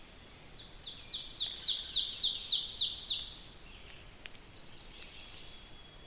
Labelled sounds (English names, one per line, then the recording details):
Ovenbird song
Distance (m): 35 m
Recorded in boreal forest in Alberta, Canada, on 5 June 2016 at 06:22
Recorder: SongMeter 3, array SBT-3-51
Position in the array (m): 245 m, 132 m
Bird 28